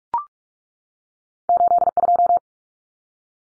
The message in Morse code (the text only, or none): 82